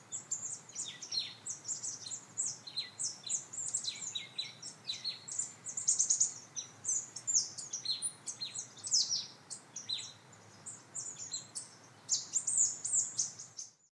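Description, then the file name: Marsh tit calling with thin, high chirps and brief downward notes in irregular bursts, over a faint steady hiss. "Poecile palustris"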